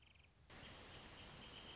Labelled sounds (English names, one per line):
Wrentit